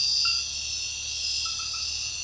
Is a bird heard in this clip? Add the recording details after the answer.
no. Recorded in secondary vegetation near Puerto Asís, Putumayo, Colombia, on 9 March 2025 at 00:30. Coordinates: 0.498, -76.327. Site G001